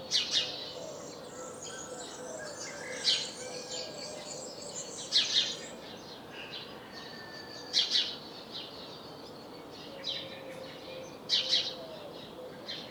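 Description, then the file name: House sparrow calls, bright chirps repeated every few seconds over a soft hiss. "Passer domesticus"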